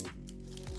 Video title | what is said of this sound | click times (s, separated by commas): ARE THESE CHEAP AMAZON U-LOCKS ALL GARBAGE? | snaps in place keeps your bike secure hopefully | 0.3 s